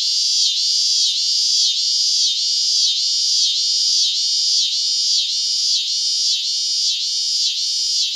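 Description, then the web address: Scissor-grinder cicada song, a loud continuous high buzz pulsing about every 0.6 seconds in a steady rhythmic throb, with no other sounds. North America. "Songs of Insects. Scissor-grinder Cicada"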